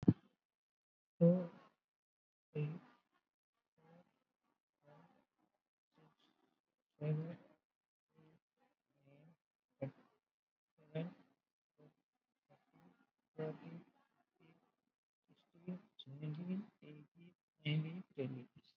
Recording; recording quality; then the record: counting at a normal pace; moderate, slight background noise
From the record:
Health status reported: COVID-19 positive, moderate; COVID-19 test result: positive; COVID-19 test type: RT-PCR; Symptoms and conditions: breathing difficulty, fatigue, muscle pain, hypertension, diabetes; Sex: female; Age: 86 years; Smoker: no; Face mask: worn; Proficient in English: no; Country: India